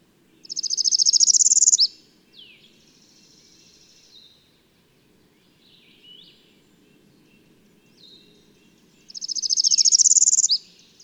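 Bird song: two bright, rapid high trills well apart, each ending in a quick slur, with soft thin calls between them.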